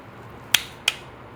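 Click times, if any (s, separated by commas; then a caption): 0.5 s, 0.9 s. A click-type torque wrench tightens the number 2 cylinder head bolt in an engine block to 22 ft-lb. Two sharp, bright clicks sound at 0.6 s and 0.9 s over a quiet background. The wrench clicks at its setting, confirming the bolt is torqued.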